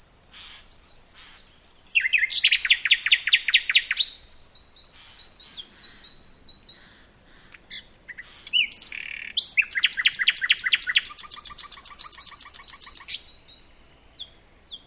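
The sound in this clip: Common nightingale song with slow piping whistles, then long bursts of rapid, loud, rattling repeated notes, separated by a quieter stretch of soft whistles.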